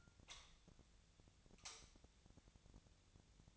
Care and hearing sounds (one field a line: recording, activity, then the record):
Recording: daily activity, microphone in the room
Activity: light on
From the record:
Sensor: 3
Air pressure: 1009.8 hPa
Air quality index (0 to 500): 190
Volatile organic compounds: 14 ppm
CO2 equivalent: 2469 ppm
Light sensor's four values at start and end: 39/97/42/44 and 45/119/50/52